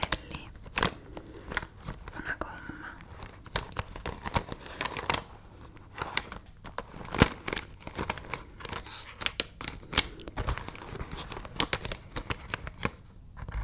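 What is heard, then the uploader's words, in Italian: Stationery sounds: paper being handled, crinkled and rustled, with sharp clicks and snaps scattered irregularly throughout. Short bright bursts come every second or so, loudest near seven and ten seconds, with faint murmuring in the background. Suoni della cartoleria asmr. Oggi ti propongo i suoni della cartoleria, quindi carta, penne e matite.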